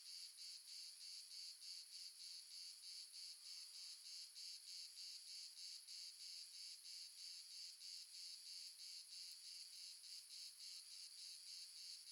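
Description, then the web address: Cricket chorus of evenly pulsed, shrill high chirps about three per second, layered over a continuous high-pitched trill. Multiple crickets, ambience, south of France. "Red Sonic - Crickets and Frogs amb crickets multiple south france"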